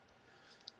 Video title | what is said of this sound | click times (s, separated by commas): BigJ & Boston Blade Reviews Happy Hour LiveChat!!! | but I got a bunch of 112s but this 112 Auto Elite listen to that click | 0.7 s